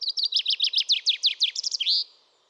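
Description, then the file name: Common chaffinch song: a rapid series of bright chipping notes ending in a flourish, all within about two seconds. "Fringilla coelebs"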